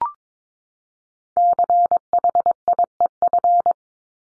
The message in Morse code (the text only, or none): CHIEF